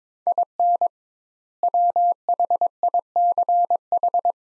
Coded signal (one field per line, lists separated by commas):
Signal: Morse code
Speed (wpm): 22 wpm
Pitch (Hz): 700 Hz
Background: none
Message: IN WHICH